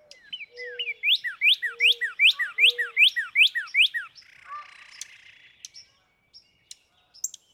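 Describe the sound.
Northern cardinal song, a rapid series of many sharp down-slurred whistles, with a few low whistled notes underneath.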